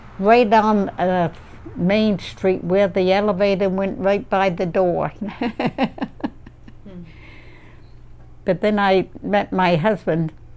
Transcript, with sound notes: Right on Main Street, where the elevated went right by the door. [Laughs] But then I met my husband